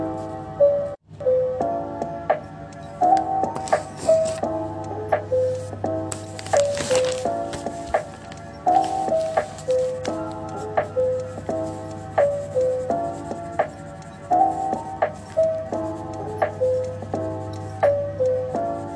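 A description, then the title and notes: Background music plays a short, plucked melody that loops every few seconds in a steady rhythm over a constant low hum. A few faint scratchy bursts, like pen scribbling, appear around the middle, and the sound drops out briefly near the start. Bg music and scribbling sounds.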